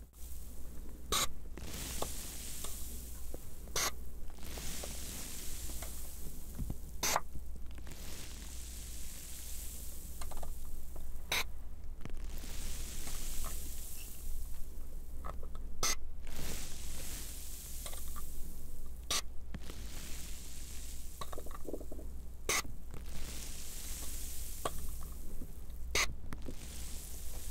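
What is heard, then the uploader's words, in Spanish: Water sprayers hiss steadily with a low hum beneath, while sharp drips strike roughly every three to four seconds throughout. Sonidos muy relajantes de gotas cayendo, pulverizadores de agua y más.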